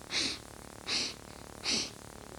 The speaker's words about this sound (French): Mais cette fois-ci, nous allons inspirer et expirer uniquement par le système sous-clavière. L'abdomen ne bouge pas. Reniflage, trois fois, uniquement en bougeant les épaules. On y va.